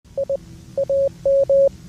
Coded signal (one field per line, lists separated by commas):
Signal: Morse code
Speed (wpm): 20 wpm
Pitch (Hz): 550 Hz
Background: none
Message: I AM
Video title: Morse code